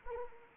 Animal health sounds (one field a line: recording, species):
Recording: mosquito wingbeat signal from an infrared sensor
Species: Anopheles arabiensis